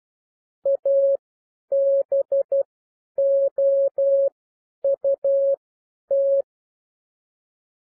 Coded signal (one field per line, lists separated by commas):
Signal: Morse code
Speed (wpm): 12 wpm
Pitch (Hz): 550 Hz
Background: none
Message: ABOUT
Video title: Improve Your Morse Code 9-12 WPM - 12-12 WPM